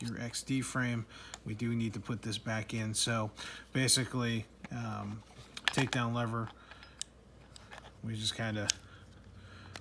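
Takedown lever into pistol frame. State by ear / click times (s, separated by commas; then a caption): not seated / none. Someone talks while handling a Springfield Armory XD MOD2 polymer pistol frame, twisting its takedown lever to put it back into the frame. A few brief, faint ticks from handling are heard between phrases. The lever has not clicked into place yet, and nothing has seated.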